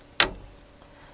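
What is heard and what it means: A small black plastic retaining clip on the side of a motherboard RAM slot is pulled back to unlock the memory module. A sharp click is heard at 0.2 s, followed by near silence, and the clip is released so the RAM is no longer held in.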